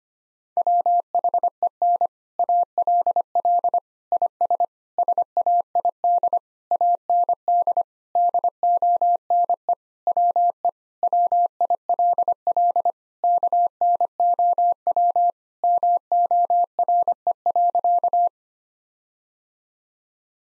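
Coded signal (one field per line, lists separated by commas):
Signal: Morse code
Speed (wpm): 25 wpm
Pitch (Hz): 700 Hz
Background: none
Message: WHEN ALL IS SAID AND DONE WE WILL KNOW MORE.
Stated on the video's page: Morse practice sentences with common six-word phrases at 25 wpm for head-copy, each sent twice.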